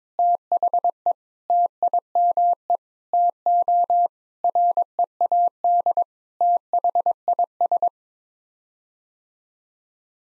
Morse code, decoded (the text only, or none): THE TIME TO READ THIS